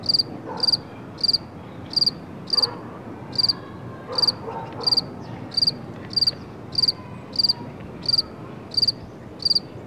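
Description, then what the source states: Cricket chirping, steady series of bright, high trilled pulses roughly every 0.7 seconds, with traffic rumble underneath. Outdoors with traffic in the background.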